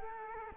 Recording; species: mosquito wingbeat signal from an infrared sensor; Culex quinquefasciatus